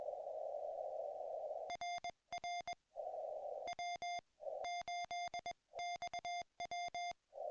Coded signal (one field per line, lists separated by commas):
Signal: Morse code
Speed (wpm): 20 wpm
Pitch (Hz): 2100 Hz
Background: none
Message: RR W8XW